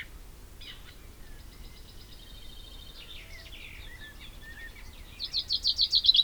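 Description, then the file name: Common chaffinch: a faint trill of high notes, then a loud song begins near the end with strong, evenly spaced notes; faint chirps in between. "Fringilla coelebs"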